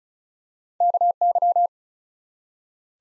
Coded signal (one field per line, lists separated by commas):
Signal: Morse code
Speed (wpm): 36 wpm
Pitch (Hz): 700 Hz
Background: none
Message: KY